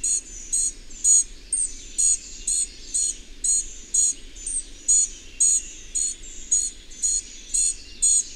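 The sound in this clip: Bird song of bright, high chirped notes repeated about every half second, fairly steady, with faint low rumble behind.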